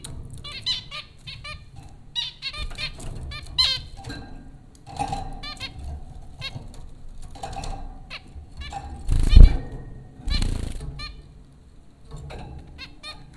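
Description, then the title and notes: Zebra finch calls, short nasal beeps and harmonic chirps in scattered clusters, with a couple of louder thumps and a steady low hum underneath. Zebra finches recorded at Popcorn School, Flatbush, Brooklyn, New York, in April 2009. "Dronecast No. 030: The Popcorn Finches Four from Apr 15, 2009. Zebra finches recorded by Dan Bodah at Popcorn School, Flatbush, Brooklyn NY in April 2009"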